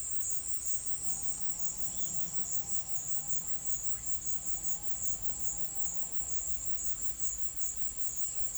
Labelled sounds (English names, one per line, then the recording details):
none
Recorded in pastures near Puerto Asís, Putumayo, Colombia, on 19 March 2025 at 16:30
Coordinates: 0.505, -76.324
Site GP08